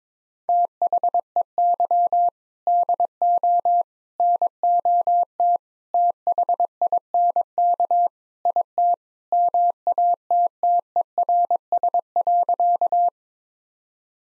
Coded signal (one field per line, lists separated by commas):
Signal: Morse code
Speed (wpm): 22 wpm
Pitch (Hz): 700 Hz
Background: none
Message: THEY DO NOT THINK IT MATTERS.